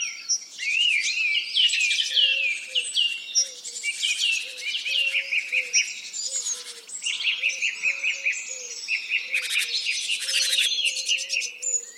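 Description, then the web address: Bird chorus of rapid warbles, trills and high whistles, with a soft low hooting note repeated steadily underneath. Forest in the Urals. "cantando na floresta dos urais colecao de cantos de passaros"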